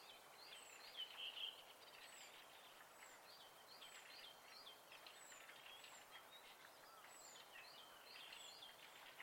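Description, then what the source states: Bird song chorus: several quiet warbling phrases overlap while a thin, high downslurred note repeats roughly every second over constant background hiss. Recorded at night in spring.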